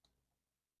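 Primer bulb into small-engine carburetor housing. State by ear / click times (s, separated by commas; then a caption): not seated / none. A rubber primer bulb is being pushed back down into its seat in the carburetor housing of a Craftsman 625 lawnmower with a Briggs engine. A brief sharp tick near the start fades into low, steady handling noise. Nothing has seated or clicked yet.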